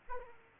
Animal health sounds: mosquito wingbeat signal from an infrared sensor; Aedes aegypti

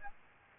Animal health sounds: mosquito wingbeat signal from an infrared sensor; Aedes aegypti

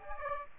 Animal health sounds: mosquito wingbeat signal from an infrared sensor; Aedes aegypti

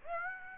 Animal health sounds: mosquito wingbeat signal from an infrared sensor; Aedes aegypti

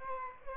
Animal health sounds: mosquito wingbeat signal from an infrared sensor; Aedes aegypti

